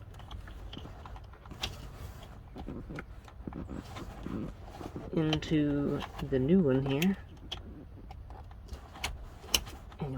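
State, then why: Seated. The original ignition harness plug of a 4th-gen 4Runner is pushed into the new remote start harness connector. Someone talks while small plastic handling ticks and rustles are heard, and the plug seats with a sharp click at 9.5 s.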